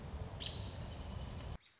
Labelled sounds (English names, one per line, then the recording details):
American Robin
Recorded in Sonoma County, California